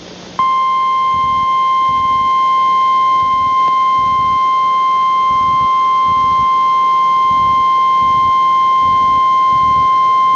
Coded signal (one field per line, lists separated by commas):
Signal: Emergency Alert System (SAME) tones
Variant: 1050 Hz attention tone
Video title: Emergency Alert System Tornado Warning Forecast 2/29/11